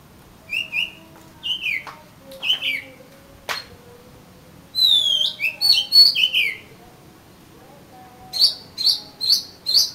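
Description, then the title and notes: Oriental magpie-robin singing clear whistled notes and slurs, then a busy chattering phrase, ending with a run of repeated short high notes. "suara kacer. kumpulan suara burung kacer"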